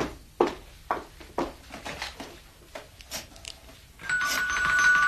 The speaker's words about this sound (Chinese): 没理由啊，这里是他自己的家，如果是他回来使乜揿钟？